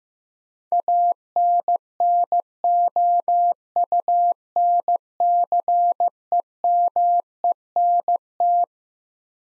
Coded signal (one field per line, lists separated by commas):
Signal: Morse code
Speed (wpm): 15 wpm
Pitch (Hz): 700 Hz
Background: none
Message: ANNOUNCEMENT